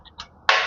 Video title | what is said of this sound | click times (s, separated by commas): Generator aur light ki connection@²2 | देखिए ऐसे बिल्कुल क्या हो गया? लॉक हो गया। | 0.5 s